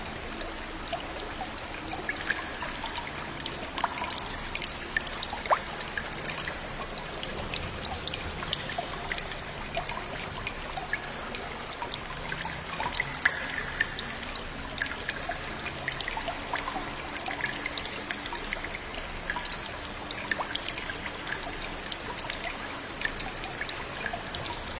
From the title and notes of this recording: Quiet cave, listen to the ethereal stream water and the echo of the stone cave.